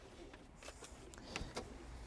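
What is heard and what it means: The seat belt tongue is released from its buckle for a wheelchair occupant in a Fiat Doblo Spaceplus wheelchair accessible vehicle before the wheelchair is unloaded. A sharp click is heard at 1.4 s, with a few lighter ticks around it. The belt comes free of the buckle.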